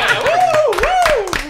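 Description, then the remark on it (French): A few scattered hand claps by hosts in a studio, roughly evenly spaced, land over a sustained, gliding vocal tone that rises and dips in pitch, with voices present throughout. “N'applaudissez pas.”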